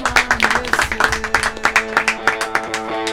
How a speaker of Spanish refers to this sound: En todos los programas, por favor, un aplauso.